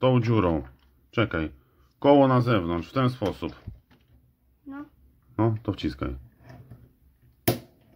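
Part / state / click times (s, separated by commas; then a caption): plastic toy wheel onto axle stub of toy plow/sower / seated / 7.5 s. A child presses a plastic toy wheel onto the protruding plastic axle stub of a Bruder toy small plow and sower while someone talks. A sharp click is heard at 7.5 seconds as the wheel seats onto the axle stub.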